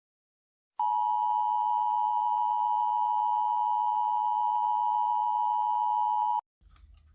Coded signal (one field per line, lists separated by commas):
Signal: Emergency Alert System (SAME) tones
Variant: 853 and 960 Hz attention tone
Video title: Texas Child Abduction Emergency Amber Alert EAS aug 23 2019 8/23/2019